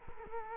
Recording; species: mosquito wingbeat signal from an infrared sensor; Culex quinquefasciatus